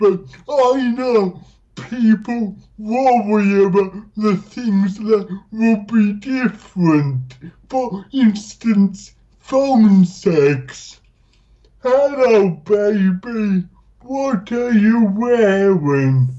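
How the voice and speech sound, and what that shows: Adult man with cerebral palsy, a disabled comedian from the UK, speaking with dysarthria: slow, drawn-out words with prolonged sounds and pauses between phrases.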